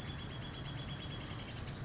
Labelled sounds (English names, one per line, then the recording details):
Chestnut-backed Chickadee
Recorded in Sonoma County, California